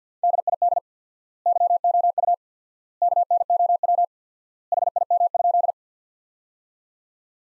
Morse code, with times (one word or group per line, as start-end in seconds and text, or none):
0.2-0.8 DID
1.5-2.3 YOU
3.0-4.0 KNOW
4.7-5.7 HIM?